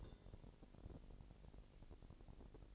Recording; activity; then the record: daily activity, microphone in the room; take from stove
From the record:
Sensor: 5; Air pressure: 1002.1 hPa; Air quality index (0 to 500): 284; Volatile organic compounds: 49 ppm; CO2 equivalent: 3280 ppm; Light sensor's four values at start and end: 20/42/19/21 and 19/42/18/21